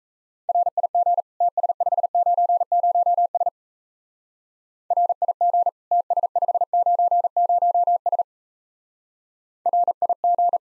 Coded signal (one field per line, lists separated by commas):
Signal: Morse code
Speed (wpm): 35 wpm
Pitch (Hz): 700 Hz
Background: none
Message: RIG TS590S RIG TS590S RIG